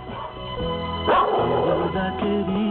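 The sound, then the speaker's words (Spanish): A dog barks and yips in short bursts, with the loudest outbursts coming about a second apart, over a steady, tonal background with no talking. “Por nuevo emprendimiento agropecuario, cambio un perro que ladra por alguien llamado Pedro que labra.”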